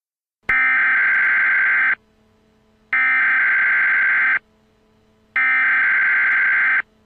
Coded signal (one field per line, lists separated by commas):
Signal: Emergency Alert System (SAME) tones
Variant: header bursts